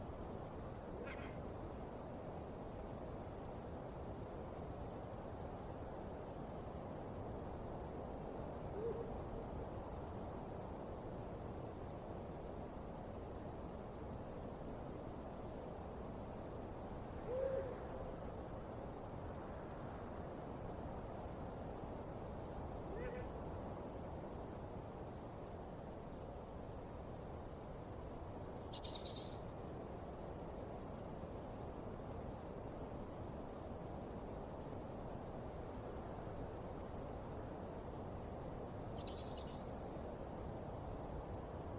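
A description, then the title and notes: A late-night cemetery with a steady low rumble, faint bird-like calls at scattered moments, and soft knocks near nine and seventeen seconds. Haunted Cemetery Late at Night.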